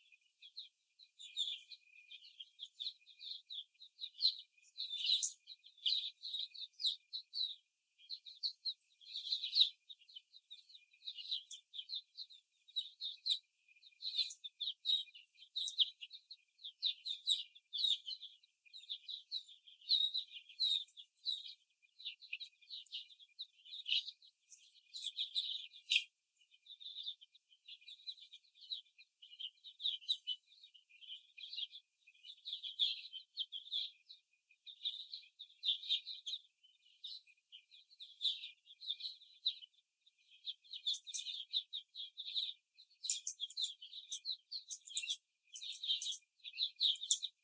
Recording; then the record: young laying hens in a cage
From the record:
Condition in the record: before the stressor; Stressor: simulated dog barking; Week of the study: 1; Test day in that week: 2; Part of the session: 2